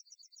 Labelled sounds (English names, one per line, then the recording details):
Yellowhammer song
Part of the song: start
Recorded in the Czech Republic on 27 June 2014
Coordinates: 49.860, 13.837
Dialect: XlB
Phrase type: C6
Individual h013